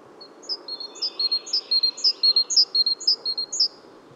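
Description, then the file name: Great tit calling in fast series of sharp, high notes that slide down into short lower tails, about two per second, with a steady low rumble underneath. "Parus major"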